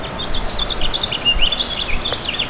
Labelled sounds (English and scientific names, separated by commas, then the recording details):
House Finch (Haemorhous mexicanus) song
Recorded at Baldwin on Long Island, New York, on 28 May 2013
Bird F